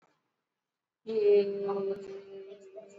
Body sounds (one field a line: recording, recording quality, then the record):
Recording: sustained vowel as in made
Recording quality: excellent, no background noise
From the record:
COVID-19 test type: RT-PCR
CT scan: not taken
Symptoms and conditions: cough, cold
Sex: female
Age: 58 years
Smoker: no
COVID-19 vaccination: both doses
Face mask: worn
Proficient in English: yes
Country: India